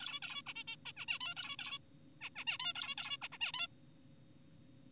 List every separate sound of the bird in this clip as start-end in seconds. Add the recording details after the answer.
0.00-0.20, 0.22-0.42, 0.47-0.54, 0.56-0.64, 0.68-0.76, 0.86-0.92, 0.97-1.06, 1.08-1.19, 1.21-1.35, 1.37-1.56, 1.59-1.79, 2.21-2.29, 2.36-2.45, 2.47-2.58, 2.60-2.73, 2.75-2.95, 2.98-3.17, 3.22-3.28, 3.32-3.38, 3.41-3.52, 3.54-3.67. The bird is an adult. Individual g4p5U